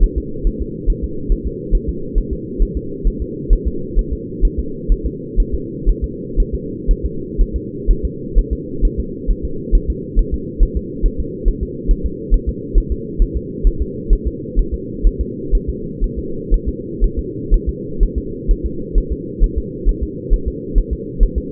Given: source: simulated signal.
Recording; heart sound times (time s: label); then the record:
fetal heart sounds
0.04 s: S1
0.18 s: S2
0.47 s: S1
0.62 s: S2
0.90 s: S1
1.04 s: S2
1.32 s: S1
1.47 s: S2
1.75 s: S1
1.89 s: S2
2.18 s: S1
2.33 s: S2
2.62 s: S1
2.77 s: S2
3.07 s: S1
3.22 s: S2
3.53 s: S1
3.68 s: S2
3.99 s: S1
4.13 s: S2
4.45 s: S1
4.60 s: S2
4.92 s: S1
5.06 s: S2
5.40 s: S1
5.55 s: S2
5.89 s: S1
6.04 s: S2
6.40 s: S1
6.55 s: S2
6.91 s: S1
7.06 s: S2
7.41 s: S1
7.56 s: S2
7.91 s: S1
8.05 s: S2
8.39 s: S1
8.53 s: S2
8.85 s: S1
9.00 s: S2
9.31 s: S1
9.45 s: S2
9.75 s: S1
9.90 s: S2
10.19 s: S1
10.34 s: S2
10.63 s: S1
10.77 s: S2
11.06 s: S1
11.20 s: S2
11.48 s: S1
11.63 s: S2
11.91 s: S1
12.06 s: S2
12.34 s: S1
12.49 s: S2
12.78 s: S1
12.92 s: S2
13.22 s: S1
13.37 s: S2
13.67 s: S1
13.82 s: S2
14.13 s: S1
14.27 s: S2
14.59 s: S1
14.74 s: S2
15.07 s: S1
15.21 s: S2
15.55 s: S1
15.70 s: S2
16.04 s: S1
16.19 s: S2
16.54 s: S1
16.69 s: S2
17.04 s: S1
17.19 s: S2
17.54 s: S1
17.69 s: S2
18.03 s: S1
18.18 s: S2
18.51 s: S1
18.66 s: S2
18.98 s: S1
19.12 s: S2
19.44 s: S1
19.58 s: S2
19.89 s: S1
20.03 s: S2
20.34 s: S1
20.48 s: S2
20.78 s: S1
20.93 s: S2
21.23 s: S1
21.38 s: S2
From the record:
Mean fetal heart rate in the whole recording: 130 bpm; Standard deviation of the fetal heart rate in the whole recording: 4 bpm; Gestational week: 38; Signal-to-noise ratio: -4.3 dB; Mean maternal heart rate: 72 bpm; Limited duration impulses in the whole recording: present